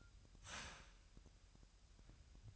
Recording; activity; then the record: daily activity, microphone in the room; start toaster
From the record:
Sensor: 2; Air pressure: 1001.9 hPa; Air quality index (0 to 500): 247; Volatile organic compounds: 38 ppm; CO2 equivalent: 3113 ppm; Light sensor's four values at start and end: 9/30/12/11 and 9/30/12/11